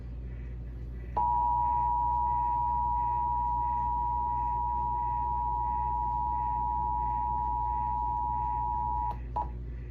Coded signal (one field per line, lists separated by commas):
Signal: Emergency Alert System (SAME) tones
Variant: 853 and 960 Hz attention tone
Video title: July 2023 Texas Required Monthly Test (EAS #381-396)